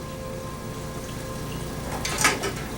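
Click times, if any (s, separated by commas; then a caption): none. A plastic serum ampule is handled at its slot in the ampule holder of a Hydrafacial Plus facial treatment machine after the gray button is twisted to unlock and the old ampule is pulled out. Faint steady hum and tones run under soft handling noise, with a brief bright burst of sound around 2.0–2.3 s. Nothing has seated or clicked yet.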